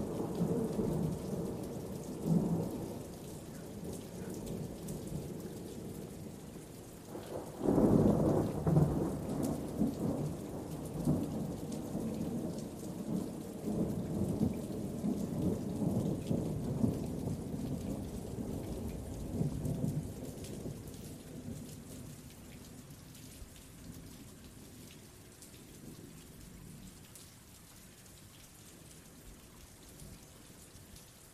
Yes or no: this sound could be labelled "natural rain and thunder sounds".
yes